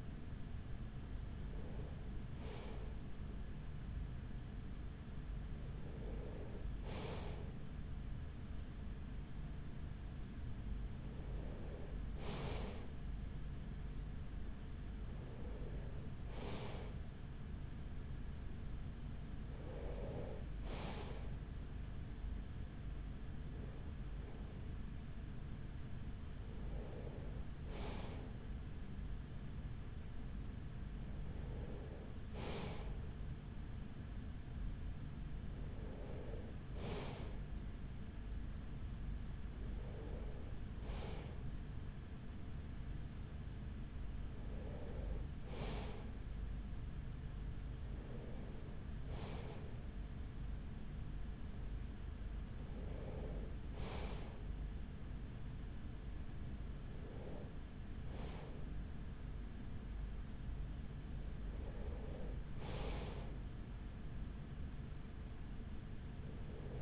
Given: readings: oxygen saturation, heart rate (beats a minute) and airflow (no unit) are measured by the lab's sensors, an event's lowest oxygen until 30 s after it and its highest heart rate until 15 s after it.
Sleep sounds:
breathing in sleep by a smartphone at the bedside; none
none scored
From the record:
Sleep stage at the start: N3 (deep sleep); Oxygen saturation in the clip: 94 to 95%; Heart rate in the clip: 43 to 46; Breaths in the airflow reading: 15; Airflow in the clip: -6.5 to 6.0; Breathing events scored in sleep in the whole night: 207 in 7.6 hours asleep

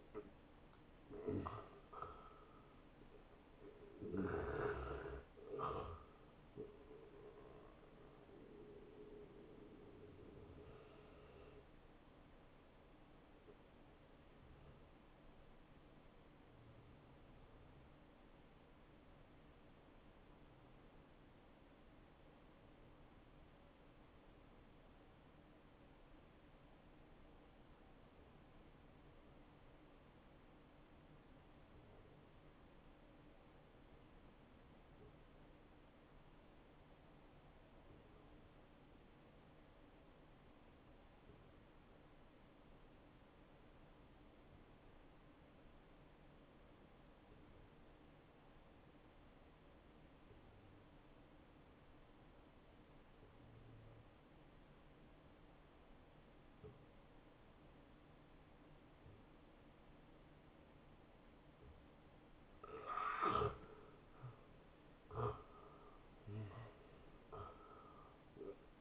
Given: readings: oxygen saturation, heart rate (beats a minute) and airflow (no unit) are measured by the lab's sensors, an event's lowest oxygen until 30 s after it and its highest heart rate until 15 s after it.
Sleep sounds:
breathing in sleep by a voice recorder at the bedside; 1
17.00-62.20 s: hypopnea (N1, oxygen 97% highest, then 87% lowest, heart rate 74 at the start, 83 highest)
24.00-54.00 s: new sleep stage, N2 (light sleep)
54.00-68.81 s: new sleep stage, N1 (lightest sleep)
From the record:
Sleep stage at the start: N1 (lightest sleep); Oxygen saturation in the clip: 89 to 97%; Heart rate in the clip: 60 to 81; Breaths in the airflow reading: 13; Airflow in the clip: -16.5 to 9.5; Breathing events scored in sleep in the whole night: 263 in 5.5 hours asleep

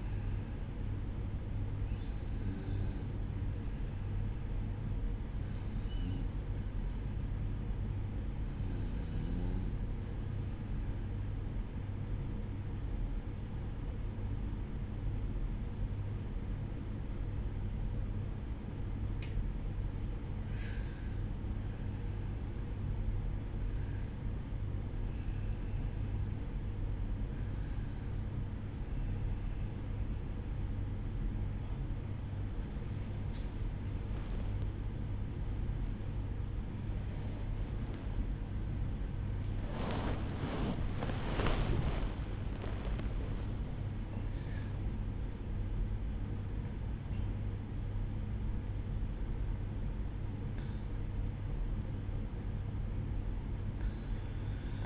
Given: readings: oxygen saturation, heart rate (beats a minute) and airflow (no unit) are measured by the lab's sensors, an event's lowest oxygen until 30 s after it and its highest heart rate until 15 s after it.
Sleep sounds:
breathing in sleep by a smartphone at the bedside; 1
10.00-30.20 s: hypopnea (REM, oxygen 95% highest, then 95% lowest, heart rate 60 at the start, 77 highest)
44.00-54.86 s: new sleep stage, N1 (lightest sleep)
From the record:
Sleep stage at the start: REM sleep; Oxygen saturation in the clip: 95 to 96%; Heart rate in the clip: 59 to 81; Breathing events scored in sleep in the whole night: 305 in 9.6 hours asleep

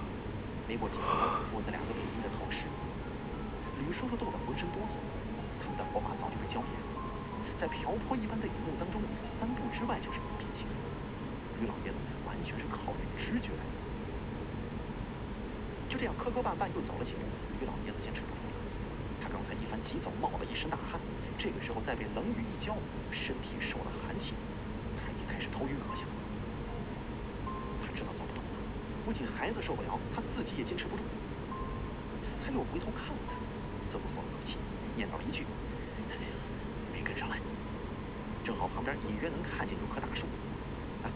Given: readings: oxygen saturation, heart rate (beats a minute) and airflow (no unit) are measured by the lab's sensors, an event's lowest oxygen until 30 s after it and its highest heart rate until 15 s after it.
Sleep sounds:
a person awake in a sleep study, by a voice recorder at the bedside; none
0.00-41.16 s: awake
From the record:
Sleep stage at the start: awake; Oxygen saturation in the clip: 94 to 98%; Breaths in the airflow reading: 8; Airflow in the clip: -3.4 to 3.9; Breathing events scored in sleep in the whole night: 335 in 6.7 hours asleep

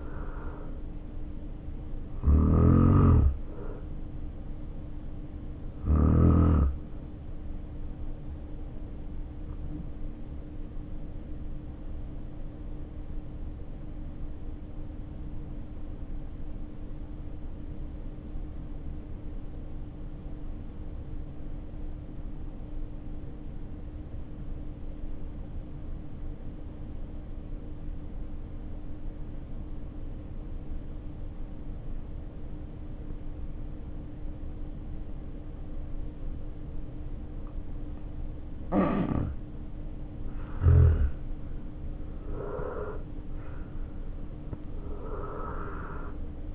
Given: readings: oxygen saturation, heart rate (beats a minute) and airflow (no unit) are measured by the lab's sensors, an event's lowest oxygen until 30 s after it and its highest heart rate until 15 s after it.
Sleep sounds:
breathing in sleep by a smartphone at the bedside; 1
6.00-46.54 s: new sleep stage, N1 (lightest sleep)
10.00-38.20 s: hypopnea (N1, oxygen 94% highest, then 75% lowest, heart rate 50 at the start, 75 highest)
From the record:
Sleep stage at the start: N2 (light sleep); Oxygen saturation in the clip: 74 to 94%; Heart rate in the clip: 50 to 75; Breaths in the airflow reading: 6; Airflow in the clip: -4.2 to 5.3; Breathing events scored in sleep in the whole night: 520 in 7.2 hours asleep

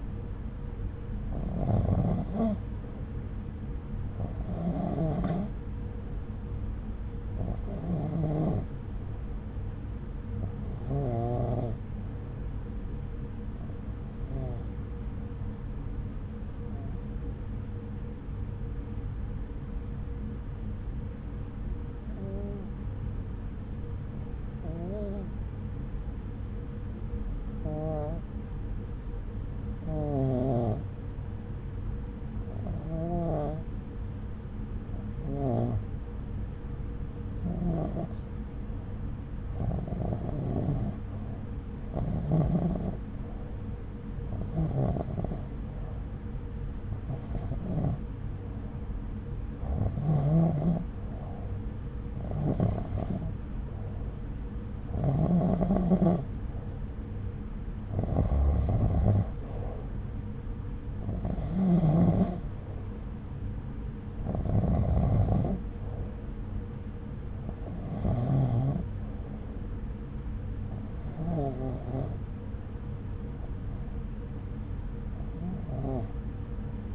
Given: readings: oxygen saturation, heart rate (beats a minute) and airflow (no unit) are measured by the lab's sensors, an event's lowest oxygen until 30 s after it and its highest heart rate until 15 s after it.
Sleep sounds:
breathing in sleep by a smartphone at the bedside; 1
11.00-51.30 s: hypopnea (REM, oxygen 95% highest, then 89% lowest, heart rate 67 at the start, 70 highest)
From the record:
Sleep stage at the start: REM sleep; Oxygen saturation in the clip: 89 to 95%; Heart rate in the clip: 65 to 71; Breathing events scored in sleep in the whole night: 303 in 8.1 hours asleep

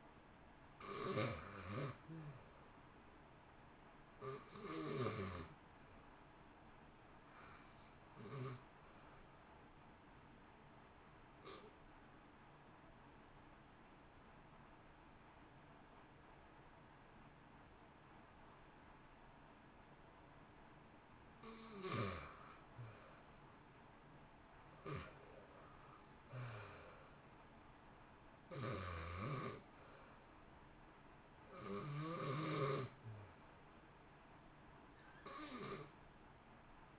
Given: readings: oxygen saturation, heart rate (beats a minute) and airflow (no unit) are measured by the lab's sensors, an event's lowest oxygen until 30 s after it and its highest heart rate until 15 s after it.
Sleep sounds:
breathing in sleep by a voice recorder at the bedside; 1
6.00-21.60 s: hypopnea (REM, oxygen 95% highest, then 83% lowest, heart rate 62 at the start, 70 highest)
From the record:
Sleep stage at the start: REM sleep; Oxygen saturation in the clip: 83 to 95%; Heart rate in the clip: 57 to 70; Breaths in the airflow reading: 8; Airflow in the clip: -1.2 to 2.0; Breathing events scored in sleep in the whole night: 328 in 6.3 hours asleep

